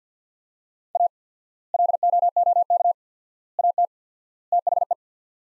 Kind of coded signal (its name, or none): Morse code